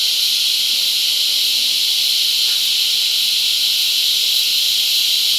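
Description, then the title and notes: Unbroken cicada buzzing, loud and hissy, with a faint held tone underneath and a small soft blip midway. Cicadas mating, La Convención, Peru. "Apareamiento De Cigarras La Convención Peru by Alejandro Cornejo Montibeller"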